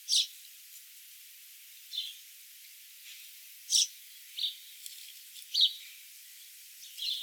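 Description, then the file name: House sparrow chirps, a handful of separate short notes mostly spaced a second or more apart over a steady faint hiss. "Passer domesticus"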